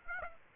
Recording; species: mosquito wingbeat signal from an infrared sensor; Aedes aegypti